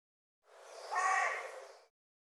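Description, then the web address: Bird gives a single harsh, hoarse call lasting about a second and a half, swelling in the middle, with silence around it. "cianscape birddata Deverinetal 2025 File cleaned normalized Bird"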